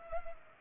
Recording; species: mosquito wingbeat signal from an infrared sensor; Culex pipiens